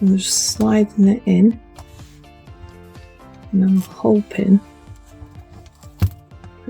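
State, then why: Seated. A Sony ZV-E10 mirrorless camera is slid into a SmallRig metal camera cage while someone talks over background music. After a few soft sliding and scraping sounds, a sharp click at 6.0 s marks the camera seating in the cage.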